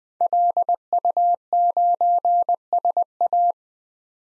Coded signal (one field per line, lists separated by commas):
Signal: Morse code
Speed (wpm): 20 wpm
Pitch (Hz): 700 Hz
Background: none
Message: LU9SA